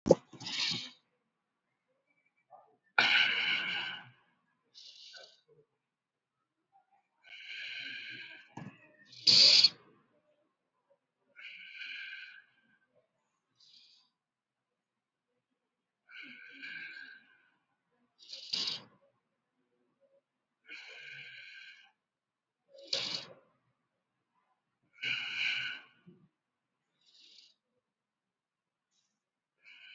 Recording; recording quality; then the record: deep breathing; excellent, no background noise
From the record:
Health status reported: COVID-19 positive, no symptoms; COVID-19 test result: positive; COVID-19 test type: RT-PCR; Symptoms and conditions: cough, breathing difficulty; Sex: male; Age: 52 years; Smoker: yes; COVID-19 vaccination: one dose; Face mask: worn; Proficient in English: yes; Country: India